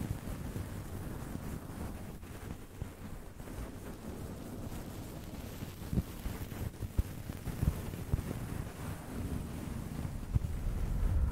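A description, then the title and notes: Fingers scratch and rub a fluffy microphone cover, making a dense, steady low rumble with sharp crackling bursts around six, eight and ten seconds. ASMR Shhh Slow Sleepy Fluffy Mic Scratching - no talking, blue yeti.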